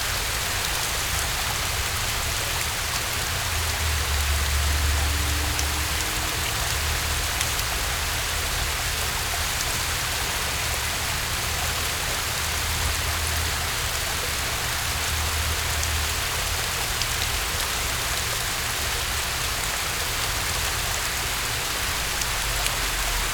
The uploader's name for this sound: At the Base of the Waterfall